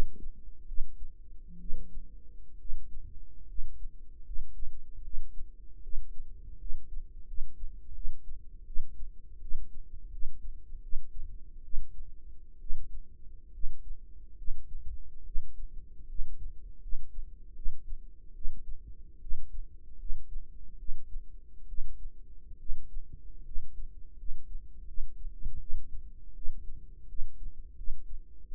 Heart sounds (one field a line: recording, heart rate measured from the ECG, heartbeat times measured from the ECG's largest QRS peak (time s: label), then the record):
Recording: heart sounds by microphone in the right ear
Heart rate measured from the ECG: 76 bpm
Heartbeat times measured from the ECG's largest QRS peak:
0.67 s: heartbeat
1.59 s: heartbeat
2.58 s: heartbeat
3.47 s: heartbeat
4.24 s: heartbeat
5.02 s: heartbeat
5.82 s: heartbeat
6.58 s: heartbeat
7.26 s: heartbeat
7.93 s: heartbeat
8.65 s: heartbeat
9.40 s: heartbeat
10.11 s: heartbeat
10.82 s: heartbeat
11.63 s: heartbeat
12.59 s: heartbeat
13.52 s: heartbeat
14.36 s: heartbeat
15.24 s: heartbeat
16.07 s: heartbeat
16.80 s: heartbeat
17.54 s: heartbeat
18.34 s: heartbeat
19.20 s: heartbeat
19.98 s: heartbeat
20.77 s: heartbeat
21.67 s: heartbeat
22.58 s: heartbeat
23.44 s: heartbeat
24.16 s: heartbeat
24.86 s: heartbeat
25.59 s: heartbeat
26.34 s: heartbeat
27.07 s: heartbeat
27.76 s: heartbeat
28.47 s: heartbeat
From the record:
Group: healthy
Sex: female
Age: 22 years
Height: 157 cm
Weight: 47.6 kg